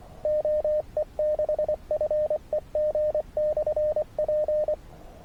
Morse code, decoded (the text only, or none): OE6FEG/P